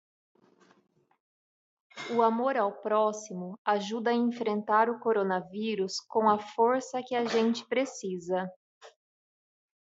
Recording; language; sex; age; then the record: spoken sentence; Brazilian Portuguese; female; 30 to 39 years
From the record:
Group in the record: control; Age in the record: 37 years